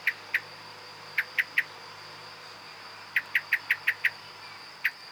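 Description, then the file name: Common blackbird sharp chinking calls in uneven runs, two, then three, then six quick notes and a last single, over a steady high hum. "Turdus merula"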